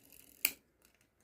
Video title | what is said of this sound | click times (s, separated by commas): Clearing the way for 80s 90s Vintage Hot Wheels. Haul video | until it clicks. You don't want to It clicks. That's it. | 0.5 s